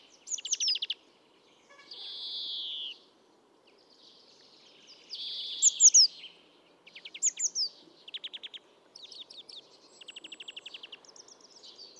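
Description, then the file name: European greenfinch calls: a wheezy drawn-out nasal note, dry chattering trills and bright high twitters, repeated throughout. "Chloris chloris"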